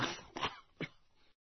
The sound of a deep cough.